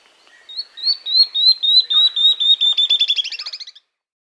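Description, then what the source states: Tawny-throated leaftosser song: a long series of high, sharp notes, slowly falling in pitch and speeding up into a rapid chatter before stopping abruptly. South America.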